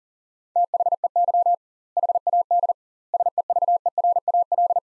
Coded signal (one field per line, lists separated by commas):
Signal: Morse code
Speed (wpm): 40 wpm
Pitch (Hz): 700 Hz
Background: none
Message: THEY HAD SEVERAL